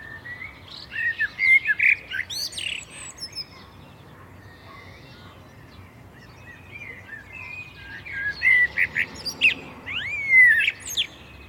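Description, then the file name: Common blackbird giving two fluty warbled phrases, each mixing mellow whistles with high squeaky twitters, separated by several seconds of quiet. "Turdus merula"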